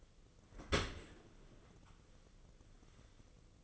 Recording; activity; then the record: daily activity, microphone in the room; open dishwasher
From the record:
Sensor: 4